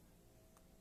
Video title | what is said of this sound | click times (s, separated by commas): Casio MRW-200HC contro Casio MDV-107 | le voilà, maintenant qu'il est dévissé, on l'entend car il fait un clic mais ce n'est pas un clic de réglage | 0.6 s